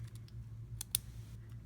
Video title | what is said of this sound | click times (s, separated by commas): The Lamy 2000 Fountain Pen: The Full Nick Shabazz Review | it actually kind of clicks into place. | 1.0 s